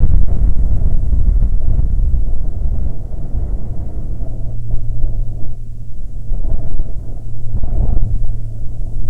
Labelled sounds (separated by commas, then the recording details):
wind, aircraft
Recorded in the Prudhoe Bay oil fields, Alaska, on 12 June 2019 at 10:23
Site 13